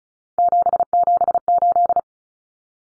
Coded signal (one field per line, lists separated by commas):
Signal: Morse code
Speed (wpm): 34 wpm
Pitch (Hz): 700 Hz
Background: none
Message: 778